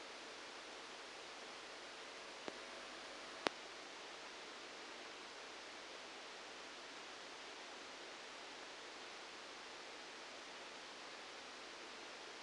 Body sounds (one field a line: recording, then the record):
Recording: brain microelectrode recording played as sound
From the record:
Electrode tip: outside the subthalamic nucleus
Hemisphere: right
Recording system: NeuroSet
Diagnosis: Parkinson's disease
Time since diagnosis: 9 years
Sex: male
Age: 56 years